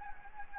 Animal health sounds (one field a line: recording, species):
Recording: mosquito wingbeat signal from an infrared sensor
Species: Anopheles gambiae